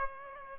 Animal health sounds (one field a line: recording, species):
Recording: mosquito wingbeat signal from an infrared sensor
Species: Aedes aegypti